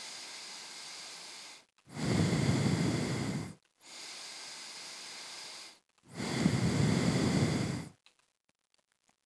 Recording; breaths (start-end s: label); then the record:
nose breathing near a microphone
0.00-1.66 s: inhalation
1.66-3.61 s: exhalation
3.61-5.86 s: inhalation
5.86-8.06 s: exhalation
From the record:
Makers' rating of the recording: medium